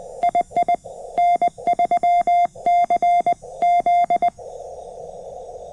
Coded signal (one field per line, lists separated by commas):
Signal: Morse code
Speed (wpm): 20 wpm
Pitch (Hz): 700 Hz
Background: none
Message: II N3CZ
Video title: Labor Day Morning POTA with N3CZ: QRP with the CFT1 at Lake James State Park!